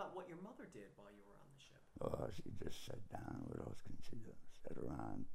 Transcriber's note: none